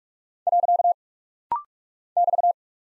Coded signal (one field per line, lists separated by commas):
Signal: Morse code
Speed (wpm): 44 wpm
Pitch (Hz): 700 Hz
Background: none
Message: . <BT>